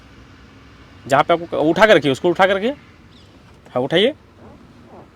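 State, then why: Not seated. A car driver's seat is being adjusted with the seat adjustment latch in the metal seat track while someone talks. The talk is followed by faint rustling, and nothing has seated or clicked yet, so the latch has not locked in position.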